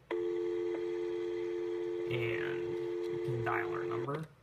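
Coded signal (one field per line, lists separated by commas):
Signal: telephone call progress tone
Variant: North America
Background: speech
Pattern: dial tone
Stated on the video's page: Blue box tones from a browser-based emulator, plus step-by-step telephone switching controlled remotely over C*NET.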